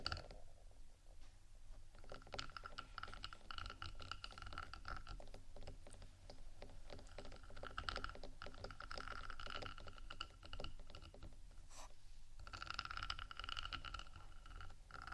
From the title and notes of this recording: ASMR Rhinestone Embellished 3dio Mic Scratchingtapping（No Talking）.